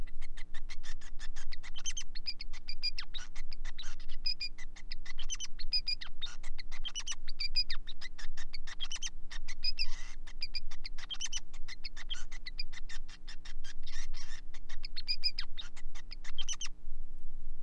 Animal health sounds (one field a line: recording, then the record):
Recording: song of a male Bengalese finch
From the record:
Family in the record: son of father 5